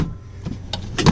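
The fold-down rear seat back of a 2016 Honda CR-V is lifted on one side and popped upright into place, locking into its seat latch. Two sharp hits land at 0.7 s and 1.1 s over a low background rumble. The seat back is latched in place.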